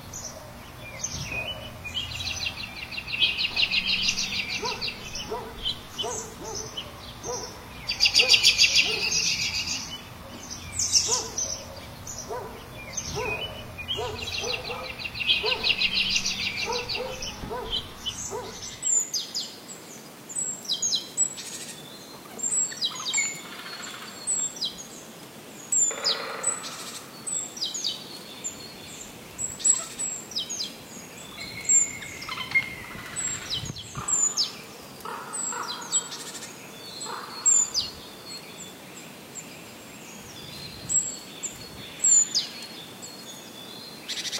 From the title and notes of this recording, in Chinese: 大自然的声音（合集）！白噪音。